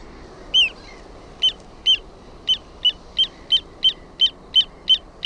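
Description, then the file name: Little ringed plover in a rapid series of short, clipped, high whistles, speeding up to about three per second and repeated steadily to the end. "PIKKUTYLLI"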